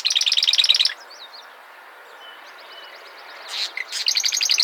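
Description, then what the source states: Mourning warbler gives a quick rolling run of repeated notes, then a pause with faint high chips, then a second rushing phrase begins. Recorded in the USA, Minnesota, at Old Cedar Ave, on 14 July 2012.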